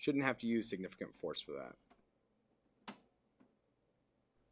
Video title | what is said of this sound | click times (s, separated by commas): Unboxing and Setting Up the HP Deskjet 1510 All in One Printer HP | then slide the tri-color cartridge into the correct slot on the printer push the cartridge in until it snaps into place | 2.9 s